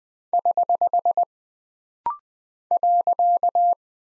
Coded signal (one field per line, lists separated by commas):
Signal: Morse code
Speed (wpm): 20 wpm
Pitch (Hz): 700 Hz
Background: none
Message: <HH> .